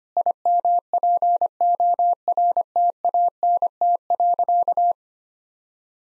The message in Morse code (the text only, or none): IMPORTANT.